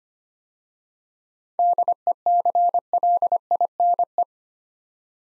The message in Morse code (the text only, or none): DECLINE